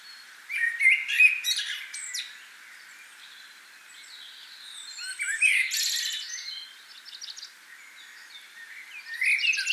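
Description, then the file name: Common blackbird song with short fluty warbles broken by high, scratchy twittering flourishes, in three bursts separated by quieter pauses. "Turdus merula"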